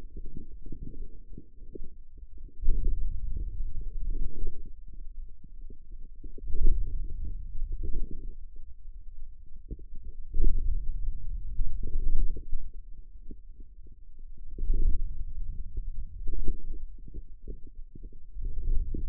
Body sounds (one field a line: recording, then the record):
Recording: forearm muscle sounds (acoustic myography)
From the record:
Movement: hand opening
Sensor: system 2, bracelet of six BSWA MPA416 microphones around the upper forearm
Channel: 6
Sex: male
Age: 22 years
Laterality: right